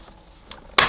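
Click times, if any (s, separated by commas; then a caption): 0.8 s. A plastic dust bin is pushed onto the back of a LeapFrog Pick Up & Count toy vacuum so it can collect the dust pieces. A faint tap at 0.5 s is followed by a sharp, loud click at 0.8 s as the bin seats firmly in place.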